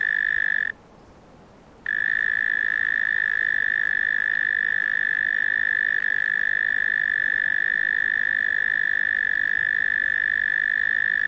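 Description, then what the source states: Cricket trill starts, breaks off for about a second of quiet, then carries on as a long, level, unvarying high buzz. Australian cricket, among various Australian insects.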